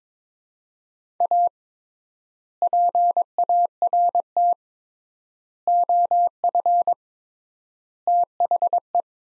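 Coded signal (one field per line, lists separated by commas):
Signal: Morse code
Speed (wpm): 22 wpm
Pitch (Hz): 700 Hz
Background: none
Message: A PART OF THE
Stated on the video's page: Morse practice drill at 22 wpm, sets of four words with 3x word spacing, each set sent, spoken, then sent again.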